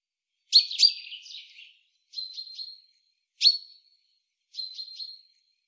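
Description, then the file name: Common chaffinch calls: sharp high chinks with short tonal tails, alternating with soft stuttered triple notes, repeated irregularly over several seconds against a quiet background. "Fringilla coelebs"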